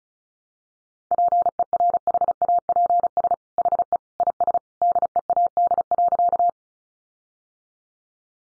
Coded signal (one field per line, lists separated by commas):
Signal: Morse code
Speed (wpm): 34 wpm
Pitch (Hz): 700 Hz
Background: none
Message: PERHAPS HE IS DEAD.